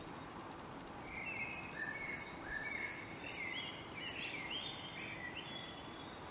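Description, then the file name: Common blackbird singing a run of quick fluted, warbling notes ending in high squeaky twitters, over a steady noisy background. "Turdus merula"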